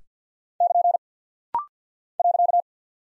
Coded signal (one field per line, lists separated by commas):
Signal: Morse code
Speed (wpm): 48 wpm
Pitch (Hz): 700 Hz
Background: none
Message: <KN> .